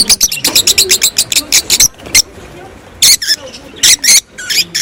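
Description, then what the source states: Rosy-faced lovebird chirping: a fast run of sharp, high, squeaky chirps for about two seconds, then a pause, then further short bursts of shrill squeaks. Close-up of a rosy-faced lovebird singing.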